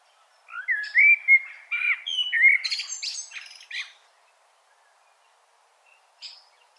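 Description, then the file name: Common blackbird song: a rich fluted warble of mellow whistled notes that breaks into a scratchy, high-pitched twitter, then a brief pause and one faint high note. "Turdus merula"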